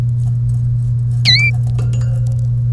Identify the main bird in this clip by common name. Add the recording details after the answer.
Domestic Canary. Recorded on 1 May 2018 at 07:45. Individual llb3